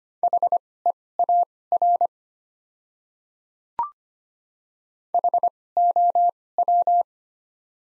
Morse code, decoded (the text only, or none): HEAR HOW